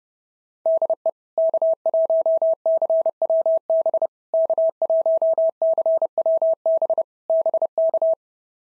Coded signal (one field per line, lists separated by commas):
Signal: Morse code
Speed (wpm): 28 wpm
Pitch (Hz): 650 Hz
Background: none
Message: DE K1CWB K1CWB BK